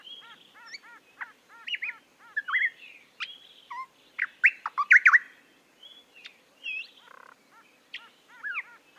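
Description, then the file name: Eastern nicator song: mixed bright whistles and rapid chattering notes in repeated bursts, with a peak of loud slurred notes near the middle. "British Library - Eastern Nicator Nicator gularis"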